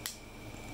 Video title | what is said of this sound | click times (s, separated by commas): NorthStar Tow-Behind Trailer Boom sprayer assembly and first use | there it's locked into place | 0.1 s